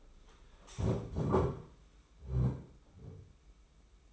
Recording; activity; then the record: daily activity, microphone in the room; stand up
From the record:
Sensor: 1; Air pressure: 991.7 hPa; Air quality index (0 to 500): 153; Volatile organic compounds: 1000 ppm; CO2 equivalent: 5687 ppm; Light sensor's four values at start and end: 30/102/39/40 and 30/100/39/39